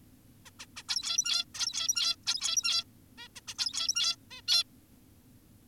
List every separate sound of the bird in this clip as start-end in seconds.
0.46-0.50, 0.60-0.66, 0.77-0.83, 0.89-1.45, 1.55-2.16, 2.27-2.84, 3.18-3.28, 3.36-3.41, 3.48-3.54, 3.58-4.16, 4.31-4.42, 4.48-4.64